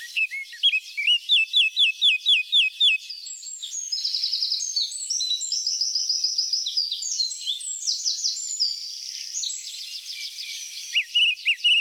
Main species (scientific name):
Sylvia atricapilla